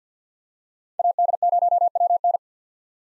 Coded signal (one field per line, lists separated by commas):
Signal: Morse code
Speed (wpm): 50 wpm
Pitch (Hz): 700 Hz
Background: none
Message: AD0WN